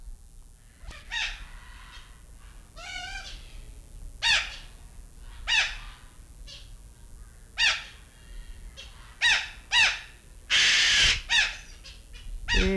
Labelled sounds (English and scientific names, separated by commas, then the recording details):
Tanimbar Corella (Cacatua goffiniana) call
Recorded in captivity
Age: adult
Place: Zoo Berlin, Berlin, DE
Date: 1994-08-06 11:21
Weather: wolkig bis heiter, 20-27°C
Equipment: Marantz CP 430, Sennheiser ME 80, Kopie Uher Variocord 263
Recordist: Tembrock, Günter